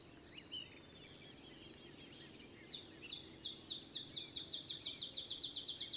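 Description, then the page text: Olive sparrow song, opening with a few spaced high chips that quicken into a rapid, even trill of down-slurred notes over steady background hiss. Olive sparrow's simple songs, reminiscent of a field sparrow's bouncing-ball song; recorded early morning in Texas, 50 miles north of the Mexican border. "Birdsong for the Curious Naturalist. songs Olive Sparrow. Recording early morning just 50 miles north of the Mexican border in Texas"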